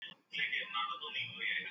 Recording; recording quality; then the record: deep breathing; poor, much background noise or distortion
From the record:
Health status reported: healthy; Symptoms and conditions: none ticked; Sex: male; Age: 27 years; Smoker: not ticked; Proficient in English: yes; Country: India